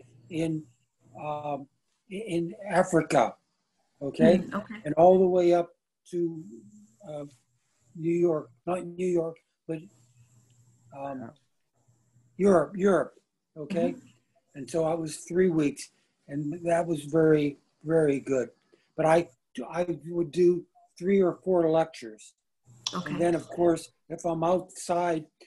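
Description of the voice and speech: A man speaks in short, halting bursts with frequent pauses, one lasting over two seconds. He substitutes a wrong place name, corrects himself, and repeats words. These word-finding errors and self-corrections fit aphasia following a stroke about two years earlier.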